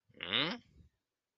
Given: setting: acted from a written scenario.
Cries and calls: vocal sound without words; confusion

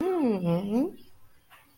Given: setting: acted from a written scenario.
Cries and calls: vocal sound without words; pride

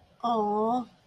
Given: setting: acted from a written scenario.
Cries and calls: vocal sound without words; adoration

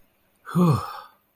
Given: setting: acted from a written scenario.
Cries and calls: vocal sound without words; relief

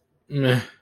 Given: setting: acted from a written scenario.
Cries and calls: vocal sound without words; neutral

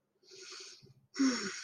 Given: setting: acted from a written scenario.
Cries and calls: vocal sound without words; serenity

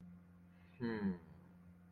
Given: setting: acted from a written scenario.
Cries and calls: vocal sound without words; pride

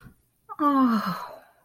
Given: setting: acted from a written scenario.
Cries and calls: vocal sound without words; adoration

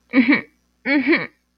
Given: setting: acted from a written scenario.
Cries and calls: vocal sound without words; shame

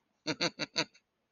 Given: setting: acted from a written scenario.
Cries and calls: vocal sound without words; amusement

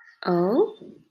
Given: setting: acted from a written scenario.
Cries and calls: vocal sound without words; interest

